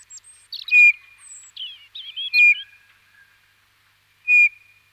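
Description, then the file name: Eurasian bullfinch calling with mellow, slightly falling piped whistles, mixed with a few thin, squeaky twittering notes between them. Recorded in winter. "Jean C Roch Pierre Palengat - Hiver bouvreuil pivoine"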